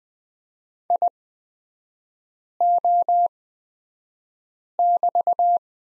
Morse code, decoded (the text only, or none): IO<BT>